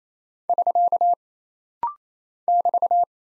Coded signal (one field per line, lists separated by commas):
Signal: Morse code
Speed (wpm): 28 wpm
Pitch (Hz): 700 Hz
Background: none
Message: <SK> <BT>